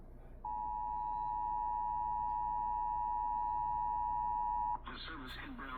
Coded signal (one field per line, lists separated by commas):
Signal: Emergency Alert System (SAME) tones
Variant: 853 and 960 Hz attention tone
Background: speech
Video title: Eas FFW-C for Brownsville tx Eas#678